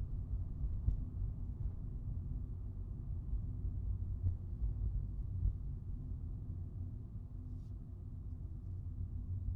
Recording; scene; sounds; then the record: everyday scene through a hearing-aid microphone; in a vehicle; engine, traffic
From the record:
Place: Skoda Fabia, gasoline engine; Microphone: in the ear canal, right